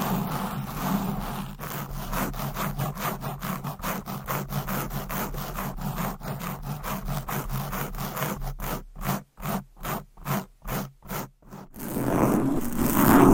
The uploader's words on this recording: ASMR Fast & Aggressive Mic Scratching - Brain Scratching 10 DIFFERENT MICS No Talking for Sleep.